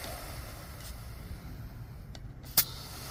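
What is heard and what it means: A go-kart tire with an inner tube on a two-piece split steel rim is being inflated, with a steady low rumble underneath and a couple of faint ticks. At 2.6 s a sharp, loud bang rings out as the tire bead pops onto the split rim and seats.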